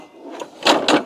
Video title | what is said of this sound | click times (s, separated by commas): Husqvarna RC320 Ts AWD Ride On Mower With Auger Collector | Stellen Sie sicher, dass die Stange so auf der Rückseite einrastet und sich Ihr Deck in der Serviceposition befindet | 0.7 s, 0.9 s